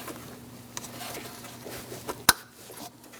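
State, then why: Seated. A plastic wiring harness connector is pushed onto the mass airflow sensor of a 2006-2011 Chevrolet HHR 2.4L L4 until it latches. A faint tap is heard at 0.8 s, then a sharp click at 2.3 s. The connector is confirmed seated.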